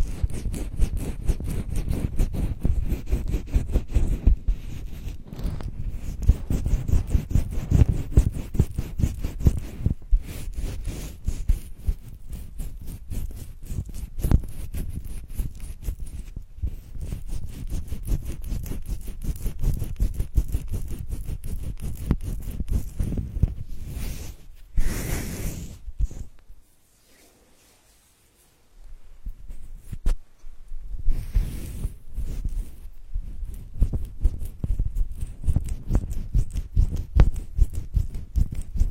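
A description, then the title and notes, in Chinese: A hand massage: dense, rapid rubbing and soft patting of skin that runs almost continuously, with a heavier, fuller low end. Around 26 seconds the strokes stop for a near-silent pause of about three seconds, then the quick, steady friction resumes until the end. 手部按摩（声控助眠）。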